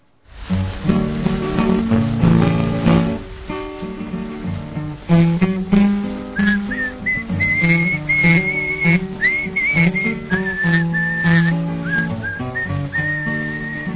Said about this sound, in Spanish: Vamos con este reto, vamos a escuchar la canción de fondo y quizás en un primer plano, pues el silbido